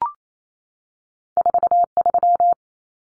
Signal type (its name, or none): Morse code